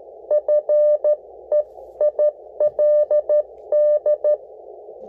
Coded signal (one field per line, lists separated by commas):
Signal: Morse code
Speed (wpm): 12 wpm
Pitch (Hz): 600 Hz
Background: none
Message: FEILD